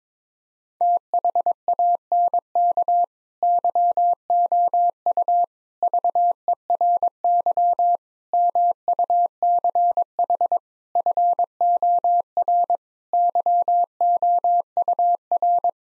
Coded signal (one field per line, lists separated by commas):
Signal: Morse code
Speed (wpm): 22 wpm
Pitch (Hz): 700 Hz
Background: none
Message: THANK YOU VERY MUCH FOR YOUR